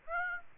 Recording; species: mosquito wingbeat signal from an infrared sensor; Aedes aegypti